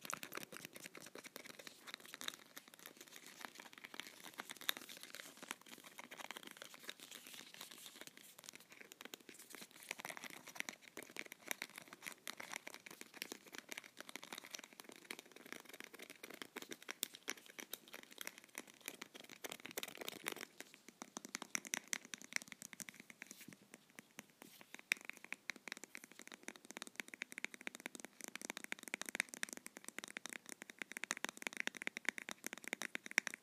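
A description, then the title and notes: Fingernails tap and scratch a box in a dense, steady stream of bright clicks and crinkly rustles, with no voice. Unboxing a box of three different hand and nail creams. Nail box tapping and scratching.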